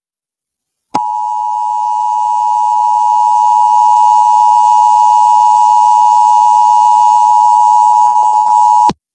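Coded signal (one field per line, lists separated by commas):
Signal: Emergency Alert System (SAME) tones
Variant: 853 and 960 Hz attention tone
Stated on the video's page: Winter storm warning alert aired on an FM station in Wisconsin.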